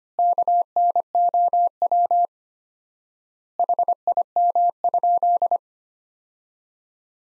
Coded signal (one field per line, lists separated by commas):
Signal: Morse code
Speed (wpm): 25 wpm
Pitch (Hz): 700 Hz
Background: none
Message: KNOW HIM?